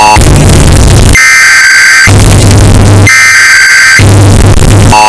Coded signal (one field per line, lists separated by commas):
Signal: Emergency Alert System (SAME) tones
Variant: header bursts